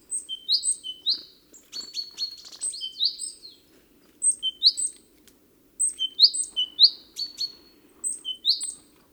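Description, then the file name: Great tit calls in quick clusters: upslurred whistles and bright high ticks, repeated in bursts separated by brief pauses, with a soft steady hum beneath. "Parus major"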